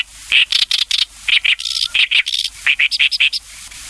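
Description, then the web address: Oriental reed warbler song, a quick sequence of loud, rasping, croaky notes alternating between lower and higher harsh syllables. "sikioto. ooyoshikiri"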